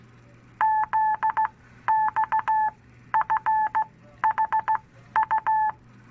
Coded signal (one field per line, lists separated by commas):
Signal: Morse code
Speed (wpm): 15 wpm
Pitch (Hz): 870 Hz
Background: none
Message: ZXFHU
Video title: Long Island CW Club presents to HCRC 1 18 2022